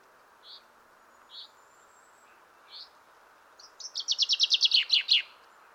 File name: Fringilla coelebs